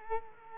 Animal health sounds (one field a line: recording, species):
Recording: mosquito wingbeat signal from an infrared sensor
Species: Culex quinquefasciatus